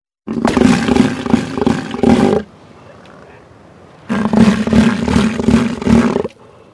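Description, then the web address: Southern elephant seal roaring: two long bouts of deep, throbbing pulsed bellows, each about two seconds, separated by a quiet gap. "earth naturelibrary assets s so southern elephant seal"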